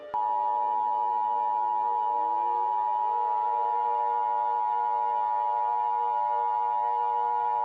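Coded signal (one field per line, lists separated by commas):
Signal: Emergency Alert System (SAME) tones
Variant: 853 and 960 Hz attention tone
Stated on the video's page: Fictional EAS scenario about a comet impact, not a real alert.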